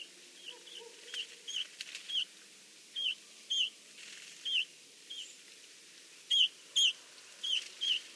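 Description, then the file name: Eurasian bullfinch calls, soft short piping whistles given singly or in pairs about every half second to second, over a steady low background hiss. "Pyrrhula pyrrhula"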